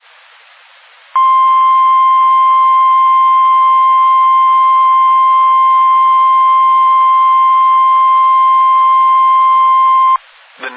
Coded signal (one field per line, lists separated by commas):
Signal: Emergency Alert System (SAME) tones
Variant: 1050 Hz attention tone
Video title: SEVERE T-STORM WARNING (EAS ALERT 156)